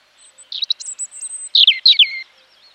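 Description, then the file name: European robin delivering a short phrase of high thin notes followed by louder, liquid descending warbles, lasting under two seconds. "Erithacus rubecula"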